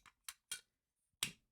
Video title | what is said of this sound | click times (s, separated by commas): My "The Darkness V3" Crossgaurd Lightsaber by SP Sabers & Props and Pheonix Props | It should pretty much snap right in place, right? | 1.2 s